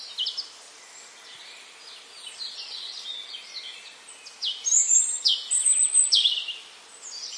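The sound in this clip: Bird giving high, thin chirps, a few brief notes early, then a busier burst of sliding twitters past the midpoint, with constant hiss behind.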